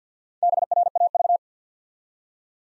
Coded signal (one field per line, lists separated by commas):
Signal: Morse code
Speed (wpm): 50 wpm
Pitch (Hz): 700 Hz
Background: none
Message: BRAV